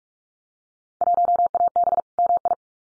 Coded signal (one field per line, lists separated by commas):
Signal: Morse code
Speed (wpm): 44 wpm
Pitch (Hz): 700 Hz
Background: none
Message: 1AB MI